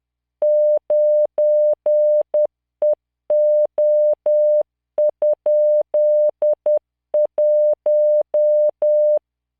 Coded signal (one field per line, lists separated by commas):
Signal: Morse code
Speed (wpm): 10 wpm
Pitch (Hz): 600 Hz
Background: none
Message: 9EO?1